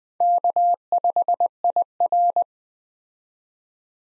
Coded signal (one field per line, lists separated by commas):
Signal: Morse code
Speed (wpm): 20 wpm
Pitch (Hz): 700 Hz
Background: none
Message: K5IR